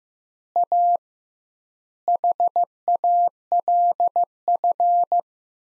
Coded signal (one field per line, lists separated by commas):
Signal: Morse code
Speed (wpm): 15 wpm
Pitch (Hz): 700 Hz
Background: none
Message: A HALF